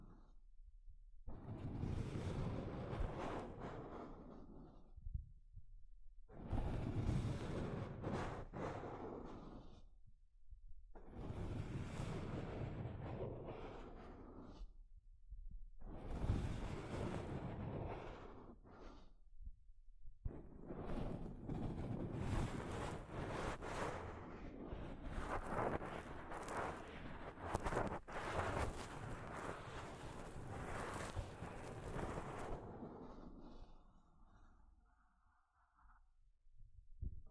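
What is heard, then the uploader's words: Soft fabric brushes across a microphone in rough, rushing strokes. Four separate swipes of a few seconds each come roughly every five seconds, then a longer continuous scrubbing runs from about 20 to 34 seconds before fading out. ASMR Mic Brushing using Soft Fabric (No Talking).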